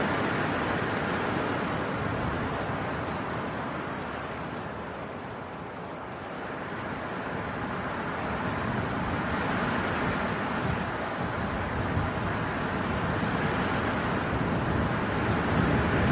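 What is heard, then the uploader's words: A winter wind storm roars in a dense, continuous rush, heavy in the low end with a hissing upper layer. The gust eases slightly around six seconds, then builds again and stays strong and buffeting through the end. Winter Wind Storm.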